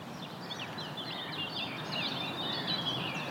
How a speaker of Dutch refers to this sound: Nou hoorden we hem toch heel even, hè? Leen, de nachtegaal.